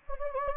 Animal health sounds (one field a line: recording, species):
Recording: mosquito wingbeat signal from an infrared sensor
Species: Anopheles gambiae